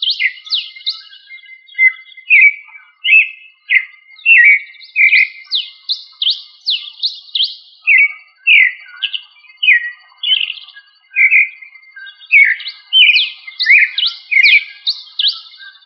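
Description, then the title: Thrush song of varied whistled and slurred phrases, short downward-sweeping notes repeated in quick series with brief pauses between bursts. "Familia Turdidae - Sabia"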